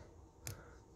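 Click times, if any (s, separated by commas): 0.5 s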